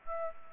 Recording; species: mosquito wingbeat signal from an infrared sensor; Aedes aegypti